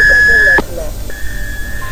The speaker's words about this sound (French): Au bip sonore, soyez créatif.